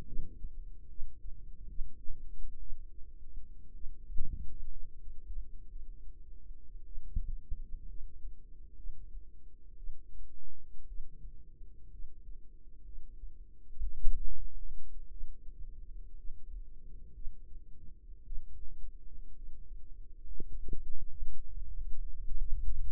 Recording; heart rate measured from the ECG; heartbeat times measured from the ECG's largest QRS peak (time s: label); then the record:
heart sounds by microphone in the right ear; 61 bpm
0.04 s: heartbeat
0.86 s: heartbeat
1.66 s: heartbeat
2.58 s: heartbeat
3.71 s: heartbeat
4.68 s: heartbeat
5.67 s: heartbeat
6.84 s: heartbeat
7.86 s: heartbeat
8.75 s: heartbeat
9.75 s: heartbeat
10.86 s: heartbeat
11.89 s: heartbeat
12.83 s: heartbeat
13.92 s: heartbeat
15.08 s: heartbeat
16.14 s: heartbeat
17.12 s: heartbeat
18.23 s: heartbeat
19.33 s: heartbeat
20.25 s: heartbeat
21.11 s: heartbeat
21.92 s: heartbeat
22.75 s: heartbeat
From the record:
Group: healthy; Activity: rest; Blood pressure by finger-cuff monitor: 88/62 mmHg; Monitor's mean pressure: 69 mmHg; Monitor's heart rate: 60 bpm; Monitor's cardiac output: 4.4 L/min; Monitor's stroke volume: 72 mL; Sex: female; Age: 36 years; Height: 163 cm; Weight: 88 kg